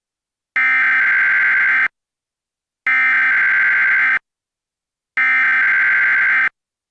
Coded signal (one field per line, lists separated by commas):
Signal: Emergency Alert System (SAME) tones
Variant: header bursts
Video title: Emergency Alert System: SCP Containment Breach